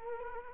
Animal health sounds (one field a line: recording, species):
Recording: mosquito wingbeat signal from an infrared sensor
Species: Culex quinquefasciatus